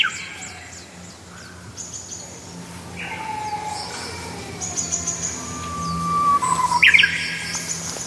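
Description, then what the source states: Japanese bush warbler singing: a long steady whistle that breaks into a quick twisting flourish near the end, with other birds whistling thinly in the background. Known in Japan as the uguisu, the bird that announces spring; the singer builds up to its full song.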